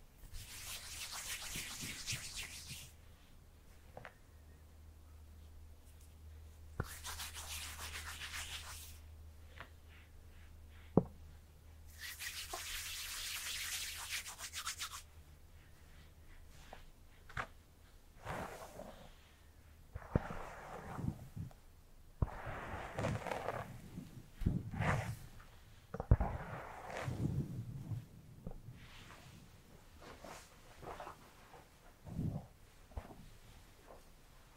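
Hair being brushed and handled, with three long bright sweeping strokes in the first fifteen seconds and a low steady hum beneath them. After that the sounds turn busier and more irregular: short rubbing bursts, clicks and scratchy touches scattered to the end.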